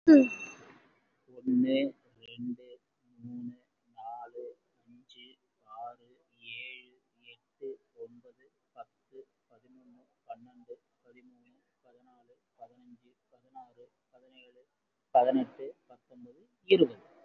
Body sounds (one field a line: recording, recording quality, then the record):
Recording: counting at a normal pace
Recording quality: moderate, slight background noise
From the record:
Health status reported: COVID-19 positive, no symptoms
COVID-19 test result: positive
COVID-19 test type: RT-PCR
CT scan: not taken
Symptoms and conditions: breathing difficulty, diabetes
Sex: male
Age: 58 years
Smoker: no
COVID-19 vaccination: both doses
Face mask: worn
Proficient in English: yes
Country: India